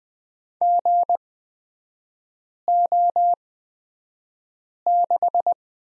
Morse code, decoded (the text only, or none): GO6